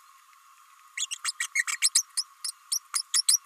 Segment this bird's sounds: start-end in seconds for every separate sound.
0.97-1.05, 1.11-1.15, 1.24-1.32, 1.39-1.47, 1.55-1.64, 1.67-1.77, 1.82-1.89, 1.95-2.03, 2.17-2.24, 2.44-2.51, 2.71-2.79, 2.94-3.02, 3.13-3.22, 3.28-3.38